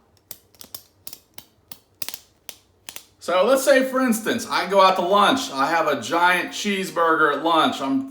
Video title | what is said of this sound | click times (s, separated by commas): Upgrade Your Bearded Style - Anson Belts | the belt in you'll hear the clicking sound so | 0.3 s, 0.8 s, 2.0 s, 2.9 s